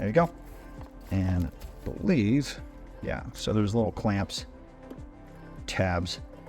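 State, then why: Not seated. A replacement infotainment screen assembly for a Mazda CX-9 with a cracked screen is handled near its housing, with its small plastic clamp tabs not yet pressed home. Someone talks over background music. Nothing has seated or clicked yet.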